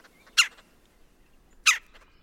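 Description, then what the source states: Red-bellied woodpecker calls, two short harsh bursts over a quiet background. Can sound like fox squirrel alarm barks, but less throaty and less frequent.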